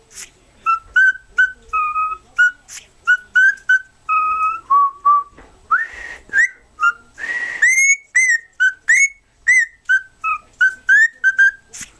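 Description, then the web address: Cockatiel whistled song: many short clear notes, some paired high and low, a few rising slurs and brief harsh bursts, delivered in a lively, uneven stream. "birds cockatiel Cockatiel. sings"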